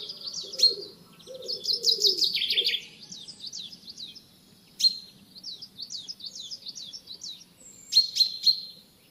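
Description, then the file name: Common chaffinch: rapid, high trilled phrases with sharp accented notes, repeated several times; a low cooing sound early on. "Fringilla coelebs"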